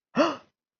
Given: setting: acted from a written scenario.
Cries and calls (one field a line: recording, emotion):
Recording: vocal sound without words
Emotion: positive surprise